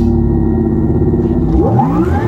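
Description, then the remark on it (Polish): The synthetic driving sound of an electric sports car's sound generator hums steadily with low layered tones, then rising pitch sweeps climb as it accelerates, loud and continuous with no voices. “Ten dźwięk sportowego elektryka nie wziął się znikąd.”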